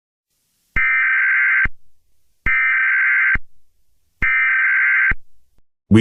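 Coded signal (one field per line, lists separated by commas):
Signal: Emergency Alert System (SAME) tones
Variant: header bursts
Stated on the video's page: Fictional EAS scenario, not a real alert.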